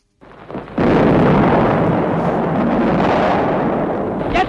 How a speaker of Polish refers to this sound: Teraz Szlezwik wystrzelił kolejną salwę. Zaczęła się walka o Gdańsk.